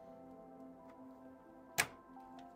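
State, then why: Seated. An unnamed component is pressed home into a PC build over steady background tones, and a single sharp click rings out at 1.8 s. The component is seated in place.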